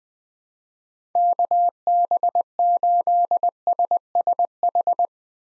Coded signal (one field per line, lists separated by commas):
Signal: Morse code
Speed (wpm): 20 wpm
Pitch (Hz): 700 Hz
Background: none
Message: KB8SSH